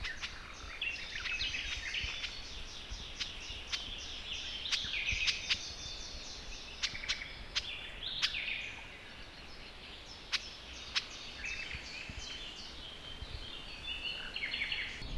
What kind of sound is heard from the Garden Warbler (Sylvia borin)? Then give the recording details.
alarm call. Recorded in the wild. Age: adult. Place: Hobrechtsfelder Rieselfelder, Naturpark Barnim, Berlin, DE. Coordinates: 52.666, 13.47. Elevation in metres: 65. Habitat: poplar grove. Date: 2014-05-17 06:50. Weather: cloudy, 10°C, weak winds. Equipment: Sound Devices 702, Sennheiser MKH 70, Rycote Windschutz. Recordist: Frommolt, Karl-Heinz